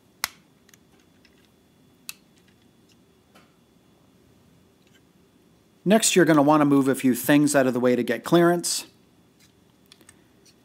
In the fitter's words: Peg the legs together until you hear a satisfying click.